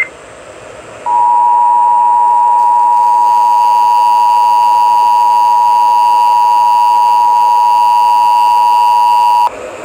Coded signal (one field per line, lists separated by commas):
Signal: Emergency Alert System (SAME) tones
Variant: 853 and 960 Hz attention tone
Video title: Mississippi Required Monthly Test on WCPR-FM